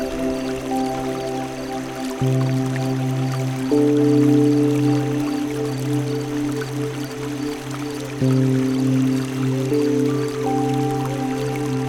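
Soft sustained music with slow chord changes near 2, 4 and 8 seconds plays over a steady, gentle trickle of flowing river water.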